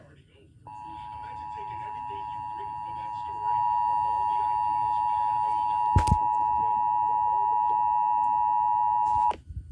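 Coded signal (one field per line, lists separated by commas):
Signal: Emergency Alert System (SAME) tones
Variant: 853 and 960 Hz attention tone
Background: speech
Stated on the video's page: Required Monthly Tests, some failed.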